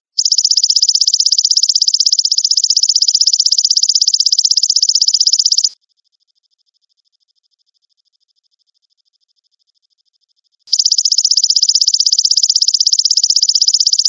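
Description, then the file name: Grasshopper trill: nearly six seconds of high, fast, even buzzing, a five-second pause of silence, then the buzzy pulsed trill starts again. "suara belalang emas"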